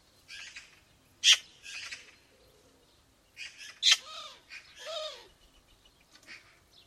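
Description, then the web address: Eurasian magpie giving harsh, rasping squawks in irregular bursts, a loud scratchy call near one second and again near four, followed by short arched nasal notes. "cianscape birddata Deverinetal"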